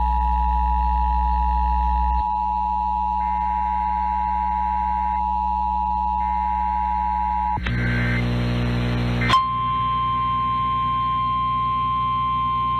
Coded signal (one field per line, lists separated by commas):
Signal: Emergency Alert System (SAME) tones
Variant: 853 and 960 Hz attention tone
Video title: EAS PDS Severe Thunderstorm Watch Nearly All of Wisconsin NOAA Weather Radio +WeatherSTAR4000